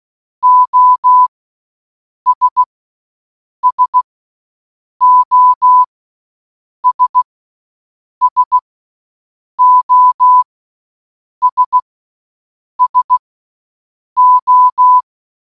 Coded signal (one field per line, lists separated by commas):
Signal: Morse code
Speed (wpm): 16 wpm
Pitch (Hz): 1000 Hz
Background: none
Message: OS SOS SOS SO